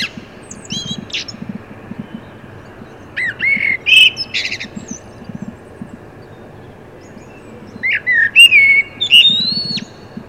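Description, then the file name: Common blackbird giving two separate song phrases, a low fluty warble topped with scratchy high notes, with quiet stretches in between. "Turdus merula"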